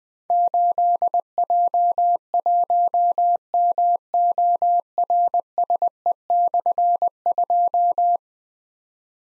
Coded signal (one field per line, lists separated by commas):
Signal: Morse code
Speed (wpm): 20 wpm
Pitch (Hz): 700 Hz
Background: none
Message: 8J1MORSE/2